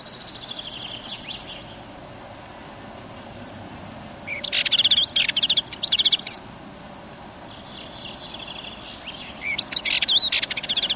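Dartford warbler with two bursts of dry, scratchy chattering notes several seconds apart, and fainter high twittering phrases before and between them.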